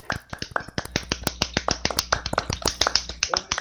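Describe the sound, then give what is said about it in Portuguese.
A small group applauds at a ceremony of the 17th BPM military police battalion: a steady patter of sharp, crisp hand claps, moderately loud and slightly uneven, lasting a few seconds without any voices. “Positivo, palmas ao menos aí.”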